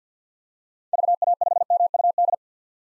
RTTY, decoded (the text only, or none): none